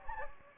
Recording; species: mosquito wingbeat signal from an infrared sensor; Anopheles gambiae